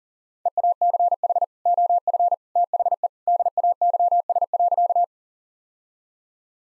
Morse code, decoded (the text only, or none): EACH OF THE DAYS.